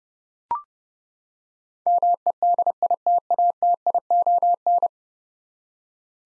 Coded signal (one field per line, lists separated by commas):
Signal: Morse code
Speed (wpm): 32 wpm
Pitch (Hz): 700 Hz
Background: none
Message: MEDITATION